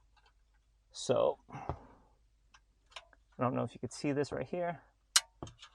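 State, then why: Seated. A plastic dash trim piece with a retaining clip is pressed back into the dashboard of a 2023–2025 Mercedes EQS, EQE, EQB or E-Class while someone talks. A sharp click at 5.2 s marks the clip snapping back in, and the trim is seated.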